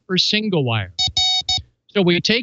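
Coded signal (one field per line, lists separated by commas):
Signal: none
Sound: music jingle notes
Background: speech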